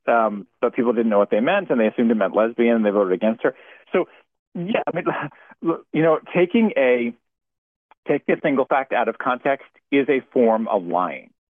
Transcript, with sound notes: but people didn't know what they meant and they assumed it meant lesbian and they voted against her. So, yeah, I mean, (laughs) l- you know, taking a, taking a single fact out of context is a form of lying.